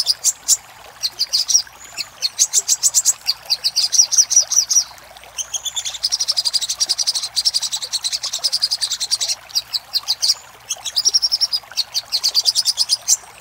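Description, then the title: Little spiderhunter song: long sequences of piercing repeated chips, quickening into a buzzy rattling trill midway, then returning to separate chips. Master recording used for training cage birds. "Sogok Ontong Labaik"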